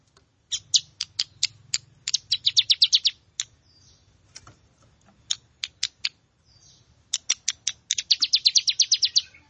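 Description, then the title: Plain prinia song: spaced high ticks speeding into quick buzzy trills, then a pause before another run of ticks and a fast trill. "Ciblek Sawah"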